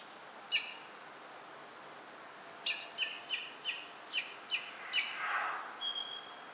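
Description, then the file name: Common blackbird giving sharp, clicking chink notes: one single note, then a quick run of seven after a pause, followed by a faint thin whistle near the end. "Turdus merula"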